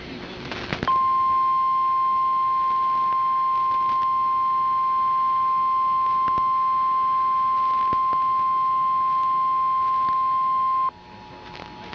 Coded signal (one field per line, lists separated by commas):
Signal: Emergency Alert System (SAME) tones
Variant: 1050 Hz attention tone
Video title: EAS Alert - Flood Warning Intrusion (KUSA-Denver, CO - Sat. 9/14/2013)